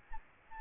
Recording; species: mosquito wingbeat signal from an infrared sensor; Aedes albopictus